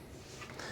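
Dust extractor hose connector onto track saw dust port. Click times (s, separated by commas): 0.6 s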